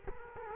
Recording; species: mosquito wingbeat signal from an infrared sensor; Culex quinquefasciatus